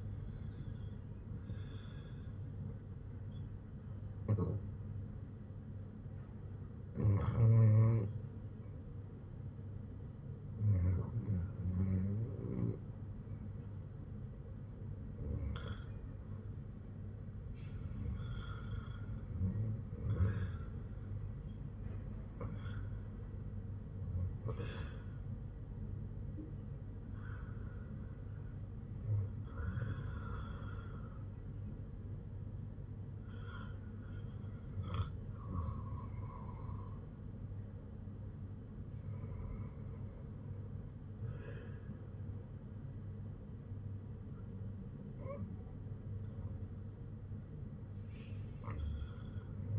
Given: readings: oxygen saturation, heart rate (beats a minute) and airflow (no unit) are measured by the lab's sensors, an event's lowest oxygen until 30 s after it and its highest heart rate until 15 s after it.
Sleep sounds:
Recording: breathing in sleep by a smartphone at the bedside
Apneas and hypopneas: none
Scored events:
none scored
From the record:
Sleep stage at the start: REM sleep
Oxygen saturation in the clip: 93 to 96%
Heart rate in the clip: 58 to 70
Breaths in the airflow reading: 11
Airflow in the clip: -6.3 to 7.9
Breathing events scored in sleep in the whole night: 182 in 7.4 hours asleep

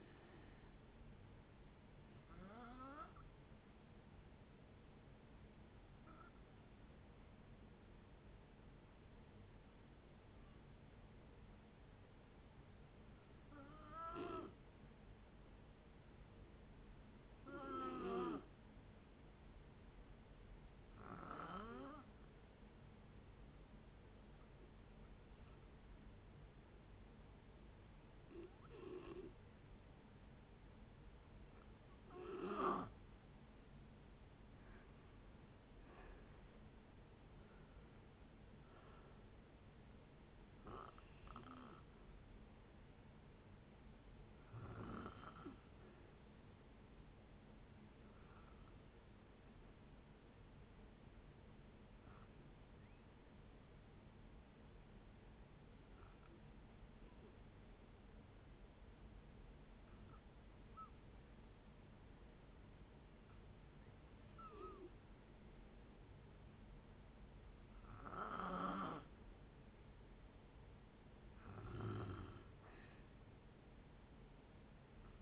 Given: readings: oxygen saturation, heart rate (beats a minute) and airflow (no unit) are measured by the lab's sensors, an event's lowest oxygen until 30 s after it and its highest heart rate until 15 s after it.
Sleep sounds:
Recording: breathing in sleep by a voice recorder at the bedside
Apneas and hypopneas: 2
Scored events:
3.00-32.70 s: hypopnea (N3, oxygen 95% highest, then 86% lowest)
29.00-75.21 s: new sleep stage, N2 (light sleep)
49.00-69.40 s: hypopnea (N2, oxygen 96% highest, then 90% lowest, heart rate 62 at the start, 69 highest)
From the record:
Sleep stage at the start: N3 (deep sleep)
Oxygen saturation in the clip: 86 to 96%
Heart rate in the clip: 56 to 78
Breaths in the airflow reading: 18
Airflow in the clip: -10.2 to 11.0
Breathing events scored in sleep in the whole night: 496 in 5.4 hours asleep

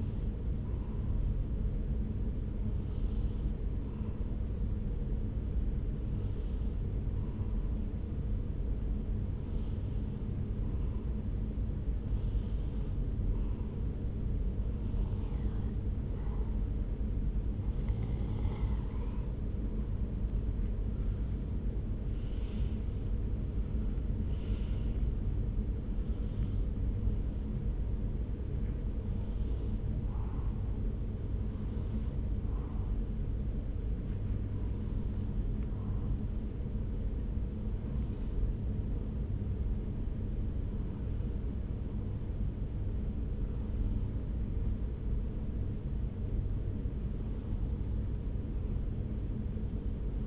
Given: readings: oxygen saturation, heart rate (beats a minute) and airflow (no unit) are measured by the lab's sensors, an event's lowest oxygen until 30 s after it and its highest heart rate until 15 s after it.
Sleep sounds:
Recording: breathing in sleep by a smartphone at the bedside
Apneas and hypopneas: none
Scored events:
22.00-50.27 s: new sleep stage, N1 (lightest sleep)
From the record:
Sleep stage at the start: N3 (deep sleep)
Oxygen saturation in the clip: 93 to 95%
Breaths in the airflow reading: 16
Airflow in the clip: -5.6 to 4.1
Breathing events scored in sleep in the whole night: 335 in 6.7 hours asleep

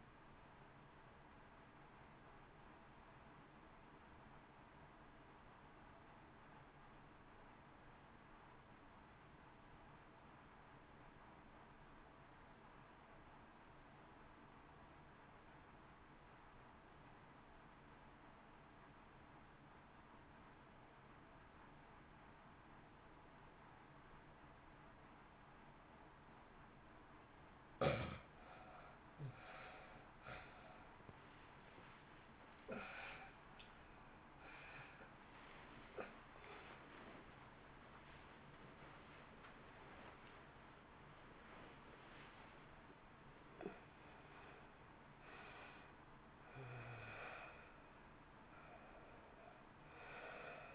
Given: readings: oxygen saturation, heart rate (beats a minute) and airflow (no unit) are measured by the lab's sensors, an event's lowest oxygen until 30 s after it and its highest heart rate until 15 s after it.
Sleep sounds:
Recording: breathing in sleep by a voice recorder at the bedside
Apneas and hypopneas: 1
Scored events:
4.00-29.40 s: obstructive apnea (REM, oxygen 98% highest, then 80% lowest, heart rate 55 at the start, 79 highest)
From the record:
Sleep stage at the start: REM sleep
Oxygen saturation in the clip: 80 to 98%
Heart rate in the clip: 54 to 83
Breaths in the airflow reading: 10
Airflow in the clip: -2.1 to 2.5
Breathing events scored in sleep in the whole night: 328 in 6.3 hours asleep

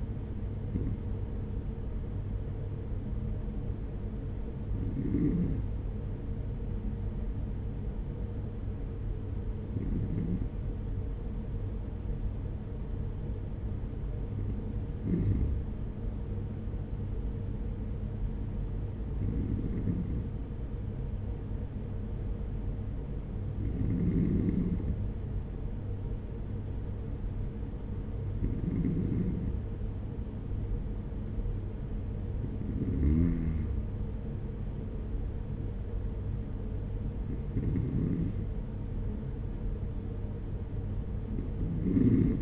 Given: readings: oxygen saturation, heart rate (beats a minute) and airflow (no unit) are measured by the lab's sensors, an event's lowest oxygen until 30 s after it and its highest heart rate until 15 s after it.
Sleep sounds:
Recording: breathing in sleep by a smartphone at the bedside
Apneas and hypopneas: none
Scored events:
none scored
From the record:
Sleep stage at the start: N2 (light sleep)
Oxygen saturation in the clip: 93 to 95%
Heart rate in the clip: 45 to 50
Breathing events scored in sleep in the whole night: 210 in 6.9 hours asleep

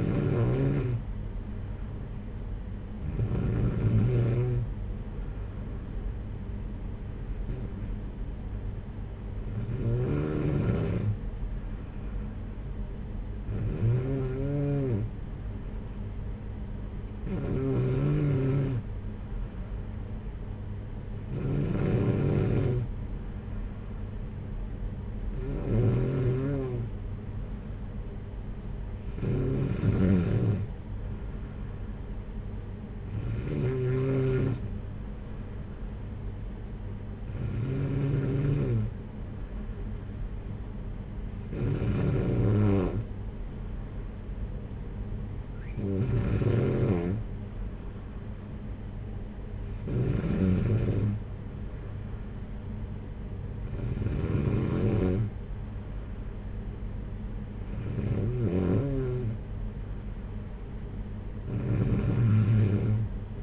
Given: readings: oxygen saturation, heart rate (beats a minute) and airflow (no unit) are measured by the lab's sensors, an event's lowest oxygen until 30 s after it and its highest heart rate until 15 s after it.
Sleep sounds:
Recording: breathing in sleep by a smartphone at the bedside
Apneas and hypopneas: none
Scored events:
4.00-63.43 s: new sleep stage, N2 (light sleep)
From the record:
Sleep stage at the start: N1 (lightest sleep)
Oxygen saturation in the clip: 93 to 94%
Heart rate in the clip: 54 to 58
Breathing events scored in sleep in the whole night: 226 in 8.8 hours asleep

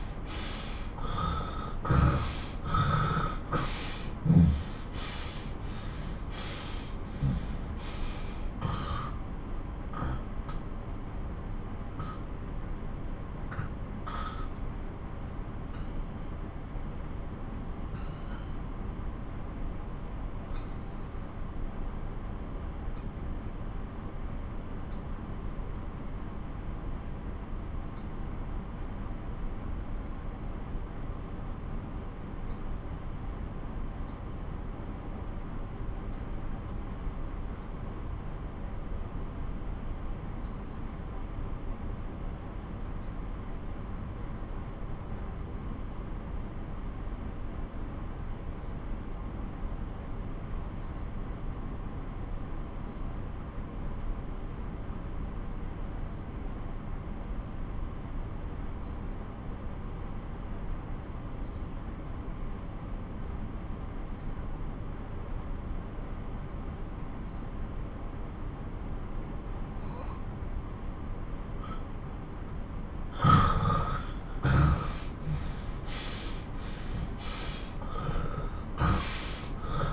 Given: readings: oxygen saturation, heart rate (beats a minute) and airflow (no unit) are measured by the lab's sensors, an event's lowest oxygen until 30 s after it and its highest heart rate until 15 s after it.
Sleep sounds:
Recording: breathing in sleep by a smartphone at the bedside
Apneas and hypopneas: 1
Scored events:
10.00-67.60 s: obstructive apnea (N1, oxygen 93% highest, then 86% lowest)
17.00-79.93 s: new sleep stage, N2 (light sleep)
From the record:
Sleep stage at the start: N1 (lightest sleep)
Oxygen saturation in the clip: 81 to 93%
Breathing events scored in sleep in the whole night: 217 in 6.3 hours asleep

